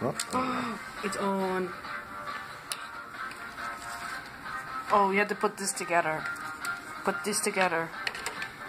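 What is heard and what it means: A detachable side controller is handled beside the plastic rail of a handheld game console, with brief tapping and handling sounds, including a sharp tick at about 2.7 s, while someone talks over background music. Nothing has seated or clicked into place yet.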